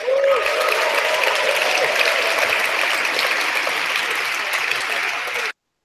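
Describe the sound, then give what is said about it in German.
Steady applause from an audience in a played recording, following an announcement that the federal government will pass the law letting Germany ratify the Istanbul Convention: a dense, continuous patter of many hands clapping at an even loudness for several seconds before cutting off abruptly. “Würde mich echt mal interessieren, wie viele von diesen Leuten, die da jetzt klatschen, da jemals einen Blick reingeworfen haben.”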